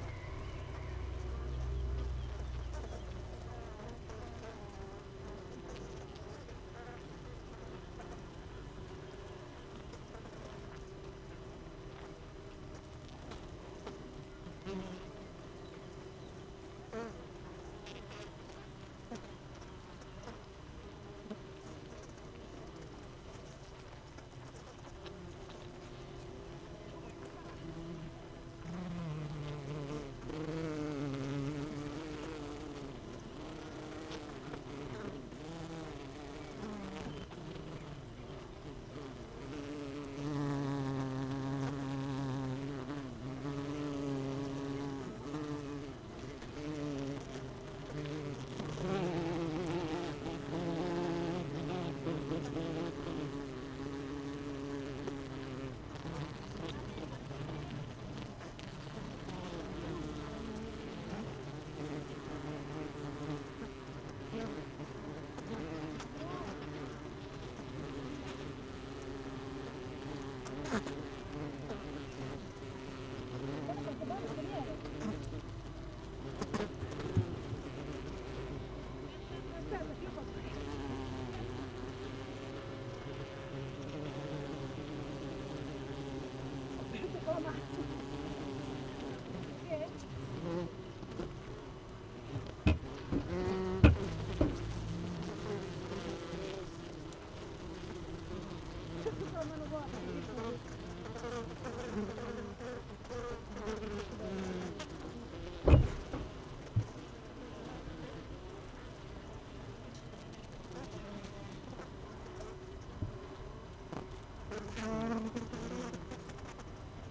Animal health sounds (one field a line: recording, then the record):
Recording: honeybee colony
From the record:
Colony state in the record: missing queen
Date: 31 May 2018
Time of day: 16:25